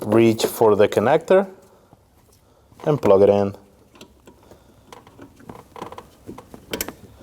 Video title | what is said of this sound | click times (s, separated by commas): How to Replace Windshield Washer Reservoir 2011-2016 Kia Optima | Make sure you hear a click, and just give it a light tug to make sure that it is nice and secure. | 6.7 s, 6.8 s